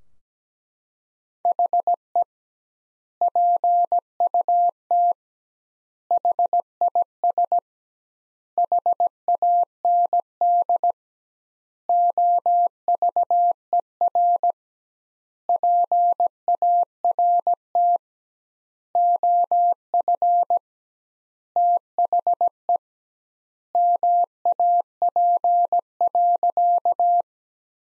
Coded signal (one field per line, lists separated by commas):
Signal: Morse code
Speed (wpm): 17 wpm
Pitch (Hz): 700 Hz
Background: none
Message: HE PUT HIS HAND OVER PART OF THE MAP.